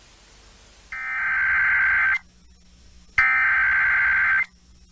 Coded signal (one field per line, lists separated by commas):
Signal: Emergency Alert System (SAME) tones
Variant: header bursts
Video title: Creepy EAS Alerts